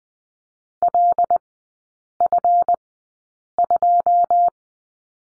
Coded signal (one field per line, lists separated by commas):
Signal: Morse code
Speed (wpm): 20 wpm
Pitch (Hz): 700 Hz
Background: none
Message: LF2